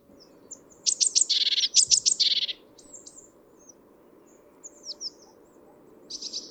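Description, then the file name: Great tit calling with a rapid series of sharp high notes blended into a dry, buzzy churr, then a few scattered thin notes and another short churr at the end. "Parus major"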